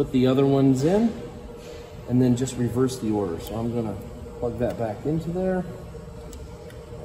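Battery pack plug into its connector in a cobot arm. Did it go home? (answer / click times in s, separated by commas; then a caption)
yes / 6.3 s. A man talks while the plastic plug of a replacement battery pack is pushed back into its connector in the battery compartment of a Lincoln Electric cobot arm. A short, faint click is heard at 6.3 seconds as the plug seats, showing it is positively connected.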